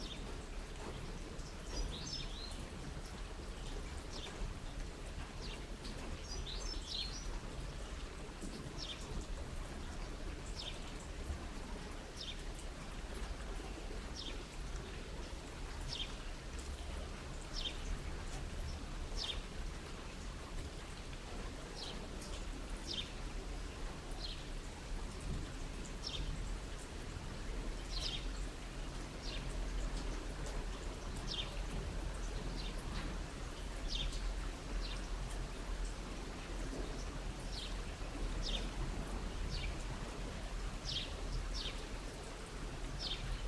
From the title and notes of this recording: Rain - 3pm - stereo version.